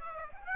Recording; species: mosquito wingbeat signal from an infrared sensor; Aedes aegypti